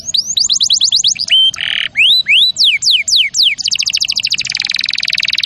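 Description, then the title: Canary song: quick series of bright rising and falling whistled sweeps, a brief buzzy burst, more slurred notes, then a long rapid rattling trill. Champion canary song used as a master recording for training other birds. "Masteran Kenari Juara"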